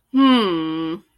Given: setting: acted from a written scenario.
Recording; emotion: vocal sound without words; contempt